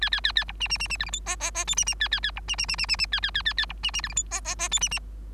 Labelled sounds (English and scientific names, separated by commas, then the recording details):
Bengalese Finch (Lonchura striata domestica) song
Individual Bird3